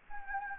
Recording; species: mosquito wingbeat signal from an infrared sensor; Anopheles gambiae